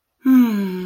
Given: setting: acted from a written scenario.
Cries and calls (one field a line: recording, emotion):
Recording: vocal sound without words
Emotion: contentment